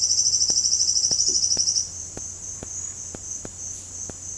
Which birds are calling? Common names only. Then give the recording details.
Silvered Antbird. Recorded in dense forest near Puerto Asís, Putumayo, Colombia, on 18 February 2024 at 07:30. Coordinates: 0.487, -76.319. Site G6403